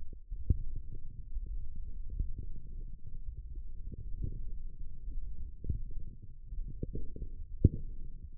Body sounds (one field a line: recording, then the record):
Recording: forearm muscle sounds (acoustic myography)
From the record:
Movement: forearm supination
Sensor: system 1, eight BSWA MPA416 microphones around the upper forearm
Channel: 3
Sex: male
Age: 18 years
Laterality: right